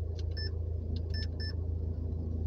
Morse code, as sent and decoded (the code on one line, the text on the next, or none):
none